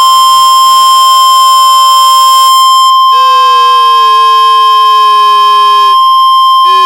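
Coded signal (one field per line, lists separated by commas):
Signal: Emergency Alert System (SAME) tones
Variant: 1050 Hz attention tone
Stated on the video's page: Simulated EAS scenario, heat wave, not a real alert.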